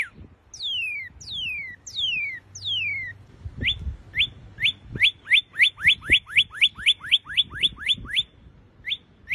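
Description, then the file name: Northern cardinal song: several long, slow whistles sliding downward, followed by a rapid steady series of short slurred notes. "canto do cardeal vermelho americano"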